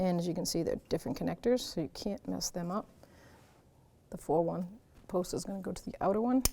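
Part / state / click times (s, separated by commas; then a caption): oxygen sensor connector into wiring harness connector / not seated / none. Someone talks while handling the four-wire plastic electrical connector of an oxygen sensor on a 2005-2009 Subaru Outback, lining it up to push into its wiring harness mating connector. Only speech and brief quiet gaps are heard, and nothing has seated or clicked yet.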